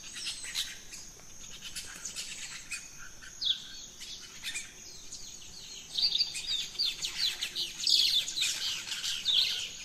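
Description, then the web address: Many birds chirp and twitter together at dawn, quiet at first, then a dense, busy burst of high notes through the second half. Dawn chorus in rainforest, Gran Sabana, Venezuela. "naturescapes Birds in the Rainforest 03 Dawn Venezuela Gran Sabana"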